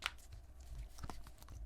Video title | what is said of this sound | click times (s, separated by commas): I Reviewed 54 iPhone 17 Pro Max Cases —These Are the Best & Worst! | They all click into place | 0.1 s, 1.1 s, 1.4 s